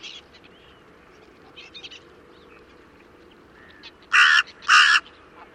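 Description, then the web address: Bird giving two loud, harsh cawing calls about half a second apart near the end, after faint scattered chirps and rustles. "cianscape. Deverinetal 2025. Bird Only"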